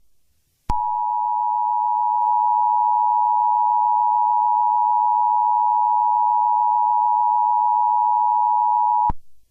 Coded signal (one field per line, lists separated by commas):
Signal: Emergency Alert System (SAME) tones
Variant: 853 and 960 Hz attention tone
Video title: Eas child abduction warning fake